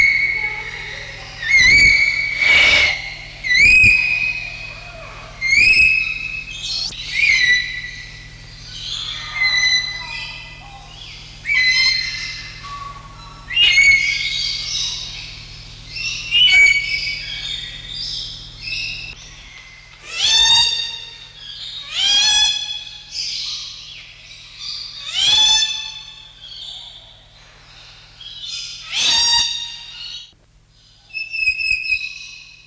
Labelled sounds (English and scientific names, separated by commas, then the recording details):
Purple-naped Lory (Lorius domicella) call
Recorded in captivity
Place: Artis Zoo, NL
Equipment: Halbspur, 9,5 cm/s
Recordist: Lütgens, Hans